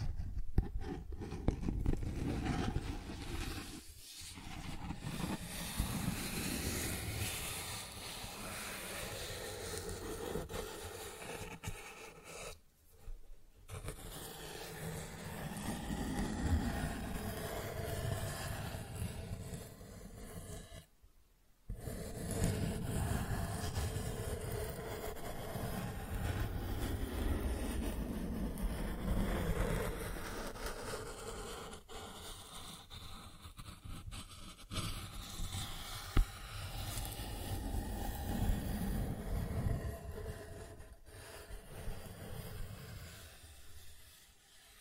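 Cardboard being scratched and rubbed in a dense, continuous rasping that swells and fades in uneven strokes. The sound is rough and full from low to bright, with brief silent gaps near 4, 13 and 21 seconds and occasional sharper scraping accents.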